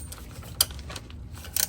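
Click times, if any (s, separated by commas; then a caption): 0.6 s. An electrical wiring connector is pushed onto a new ignition coil in the engine bay of a 2007 997 Turbo during a spark plug and coil replacement. A sharp click at 0.6 s marks the connector latching, followed by a few quieter clicks and rattles around 1.6–1.7 s. The connector is seated and secure.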